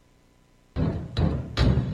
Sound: banging

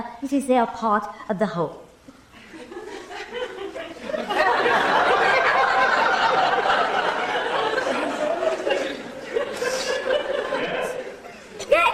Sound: laughing

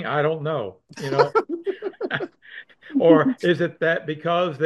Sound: laughs

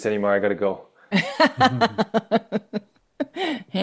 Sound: laughs

